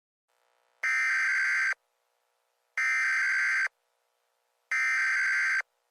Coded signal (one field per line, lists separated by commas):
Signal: Emergency Alert System (SAME) tones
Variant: header bursts